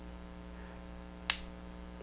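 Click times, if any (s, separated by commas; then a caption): 1.3 s. During reassembly of a Kel-Tec PF9 compact pistol after a field strip, a part is pushed into the pistol frame in the correct orientation. Over a low steady hum, one sharp, short click sounds at 1.3 s as the part snaps into place, confirming it is seated.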